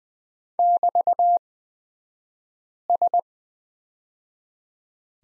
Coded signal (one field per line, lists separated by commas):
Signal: Morse code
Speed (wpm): 20 wpm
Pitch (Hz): 700 Hz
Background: none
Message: <BT>S